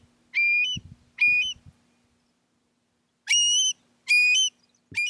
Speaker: and a shrill call. That's the sound of a long-billed curlew.